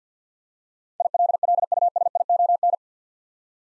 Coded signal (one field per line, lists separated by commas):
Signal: Morse code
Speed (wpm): 50 wpm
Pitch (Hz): 700 Hz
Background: none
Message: ILLUSION